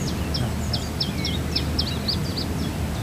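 Iberian chiffchaff singing, a quick series of high sweeping notes strung together in a short phrase, over a constant low rumbling background noise.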